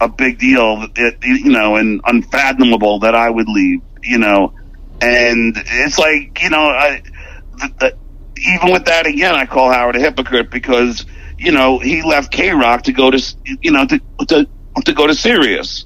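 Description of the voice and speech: An adult man speaks at a conversational pace with repeated whole words ("the, the"; "to, to, to go"), a prolonged nasal sound, and silent pauses before words resume. These repetitions, prolongations and blocks fit adult stuttering, largely masked by fillers like "you know." M sounds are very difficult for him, and he has mastered tricks to hide the stutter.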